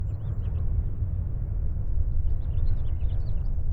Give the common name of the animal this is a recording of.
House Finch